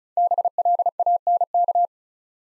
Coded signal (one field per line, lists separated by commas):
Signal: Morse code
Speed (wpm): 36 wpm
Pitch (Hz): 700 Hz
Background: none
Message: BLANK